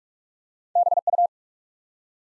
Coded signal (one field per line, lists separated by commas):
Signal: Morse code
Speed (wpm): 44 wpm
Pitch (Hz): 700 Hz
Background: none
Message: BU